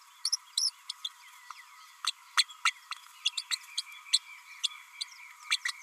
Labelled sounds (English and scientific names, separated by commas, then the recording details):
Green-rumped Parrotlet (Forpus passerinus) babbling
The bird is a female
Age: 32 days
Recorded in a nest box in Venezuela
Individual 17B32A5